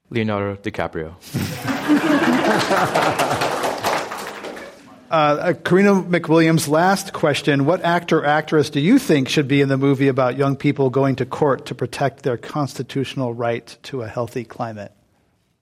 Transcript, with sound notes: Leonardo DiCaprio.
[Laughter]
[Applause]
Corina MacWilliams, last question. What actor or actress do you think should be in the movie about young people going to court to protect their constitutional right to a healthy climate?